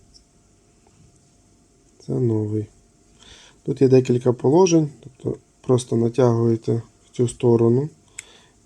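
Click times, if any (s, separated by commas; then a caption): 8.2 s. A new night-vision head mount's plastic adjustment is pulled to one side while someone talks. It locks into its detent position with a sharp click at 8.2 s.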